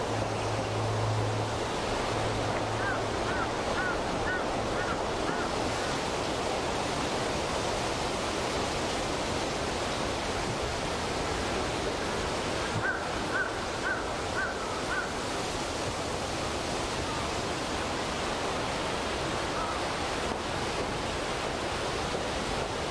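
Wind rushes steadily through a forest in a dense, even roar, with faint repeated chirps near three seconds and again around thirteen seconds.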